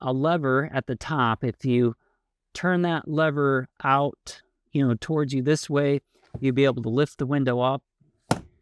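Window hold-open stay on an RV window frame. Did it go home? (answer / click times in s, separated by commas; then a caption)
yes / 8.3 s. Someone talks about the lever at the top of an end window on a 2026 Newmar Bay Star motorhome, and after the window is turned out and lifted, its hold-open stay gives a sharp click at 8.3 s. The stay locks the window open in place.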